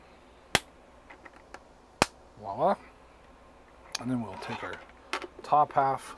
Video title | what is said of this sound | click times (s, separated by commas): AMAZON DEALS | then we can lock everything like so. | 0.6 s, 2.0 s